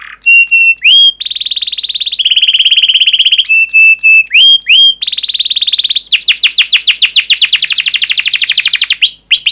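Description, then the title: Canary singing rapid trills and steady whistled rolls, alternating with sharp rising notes, then a long run of quick descending chips. Energetic, fast, dense canary song with chirping and rolling phrases, played to lure and teach young canaries to sing. "Kenari Gacor Speed RAPAT Cuit Cuit Ngero L Suara Bagus Untuk Pancingan Kenari Paud Belajar Bunyi"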